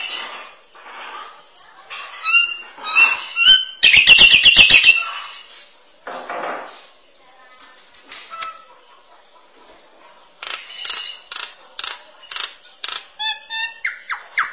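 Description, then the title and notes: Starling song: a varied run of sharp chirps, clicks and short whistled notes, broken by a loud buzzy rattle near four seconds, then quieter chatter and rapid chirps. "suara burung jalak"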